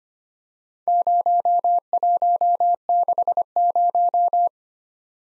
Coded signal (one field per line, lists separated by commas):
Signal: Morse code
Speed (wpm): 25 wpm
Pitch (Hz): 700 Hz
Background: none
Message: 0160